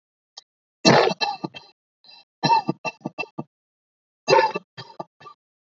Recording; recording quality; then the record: shallow voluntary cough; moderate, slight background noise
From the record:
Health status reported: healthy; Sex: male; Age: 25 years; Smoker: yes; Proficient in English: yes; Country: India